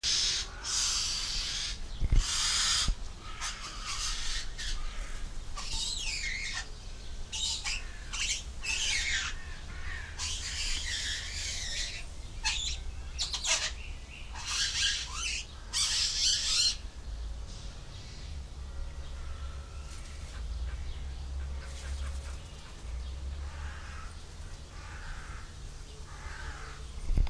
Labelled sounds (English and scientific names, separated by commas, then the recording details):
Fawn-breasted Bowerbird (Chlamydera cerviniventris) call
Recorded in captivity
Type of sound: call
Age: adult
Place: Zoo Berlin, Berlin, DE
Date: 1998-06-20 10:51
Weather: partly cloudy, 18°C
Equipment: Sony MD-WM MZ-R3, Sennheiser ME 80, Kopie Uher 4000 Report Monitor
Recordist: Tembrock, Günter